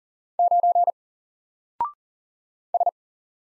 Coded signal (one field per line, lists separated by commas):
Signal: Morse code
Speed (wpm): 40 wpm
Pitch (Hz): 700 Hz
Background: none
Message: 9 S